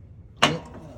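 A metal mower blade is pushed back onto the tool-free quick-attach arbor on the deck of a Cub Cadet XT 2 mower, without a wrench. A sharp, loud snap rings out at 0.4 s, then fades into quiet background noise. The blade is seated on the arbor.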